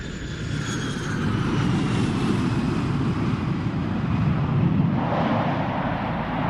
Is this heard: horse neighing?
no